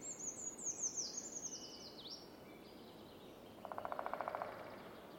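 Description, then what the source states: Woodpecker drumming: a fast roll of many even knocks late, preceded by a high, descending, twittering songbird phrase. Woodpeckers drumming on tree trunks shortly after dawn in the Fermansbo Urskog Nature Reserve forest; forest extremely calm.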